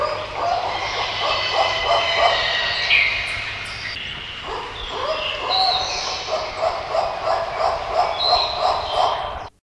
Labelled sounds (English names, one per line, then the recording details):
White-cheeked Turaco call
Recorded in captivity
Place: Tierpark Hellabrunn, Bayern, DE
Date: 1977-08-22
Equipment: Halbspur, 9,5 cm/s
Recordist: Lütgens, Hans